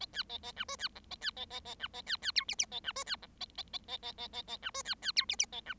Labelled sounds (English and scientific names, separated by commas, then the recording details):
Bengalese Finch (Lonchura striata domestica) song
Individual Bird7